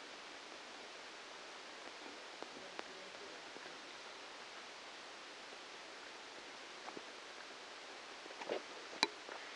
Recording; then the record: brain microelectrode recording played as sound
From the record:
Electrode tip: outside the subthalamic nucleus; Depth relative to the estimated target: -10 mm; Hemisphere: right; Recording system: NeuroSet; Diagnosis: Parkinson's disease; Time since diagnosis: 13 years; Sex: male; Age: 65 years